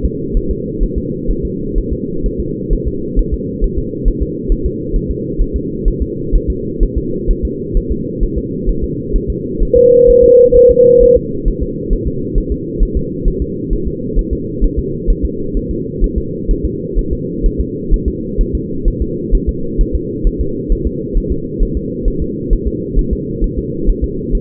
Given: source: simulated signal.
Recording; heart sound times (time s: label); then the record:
fetal heart sounds
0.05 s: S2
0.37 s: S1
0.51 s: S2
0.83 s: S1
0.98 s: S2
1.31 s: S1
1.45 s: S2
1.78 s: S1
1.93 s: S2
2.26 s: S1
2.40 s: S2
2.73 s: S1
2.88 s: S2
3.19 s: S1
3.34 s: S2
3.64 s: S1
3.78 s: S2
4.08 s: S1
4.22 s: S2
4.52 s: S1
4.66 s: S2
4.96 s: S1
5.10 s: S2
5.41 s: S1
5.56 s: S2
5.88 s: S1
6.02 s: S2
6.35 s: S1
6.50 s: S2
6.83 s: S1
6.97 s: S2
7.31 s: S1
7.45 s: S2
7.77 s: S1
7.91 s: S2
8.23 s: S1
8.38 s: S2
8.69 s: S1
8.84 s: S2
9.16 s: S1
9.30 s: S2
9.62 s: S1
9.77 s: S2
10.10 s: S1
10.24 s: S2
10.56 s: S1
10.71 s: S2
11.03 s: S1
11.17 s: S2
11.48 s: S1
11.62 s: S2
11.93 s: S1
12.07 s: S2
12.38 s: S1
12.52 s: S2
12.83 s: S1
12.97 s: S2
13.28 s: S1
13.42 s: S2
13.73 s: S1
13.87 s: S2
14.19 s: S1
14.33 s: S2
14.64 s: S1
14.79 s: S2
15.10 s: S1
15.25 s: S2
15.57 s: S1
15.71 s: S2
16.04 s: S1
16.18 s: S2
16.51 s: S1
16.65 s: S2
16.99 s: S1
17.13 s: S2
17.46 s: S1
17.60 s: S2
17.94 s: S1
18.08 s: S2
18.41 s: S1
18.55 s: S2
18.88 s: S1
19.02 s: S2
19.35 s: S1
19.49 s: S2
19.81 s: S1
19.95 s: S2
20.27 s: S1
20.41 s: S2
20.72 s: S1
20.87 s: S2
21.18 s: S1
21.32 s: S2
21.63 s: S1
21.77 s: S2
22.08 s: S1
22.22 s: S2
22.53 s: S1
22.67 s: S2
22.99 s: S1
23.13 s: S2
23.44 s: S1
23.58 s: S2
23.90 s: S1
24.04 s: S2
24.35 s: S1
From the record:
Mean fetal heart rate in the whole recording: 130 bpm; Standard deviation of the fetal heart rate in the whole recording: 4 bpm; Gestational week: 38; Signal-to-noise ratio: -6.6 dB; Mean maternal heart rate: 72 bpm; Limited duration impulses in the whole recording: present